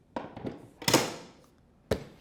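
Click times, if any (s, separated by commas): 0.9 s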